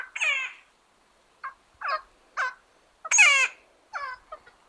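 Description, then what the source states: Woodpecker calling with loud nasal squawks, several rasping notes spaced irregularly over a few seconds. Patagonia.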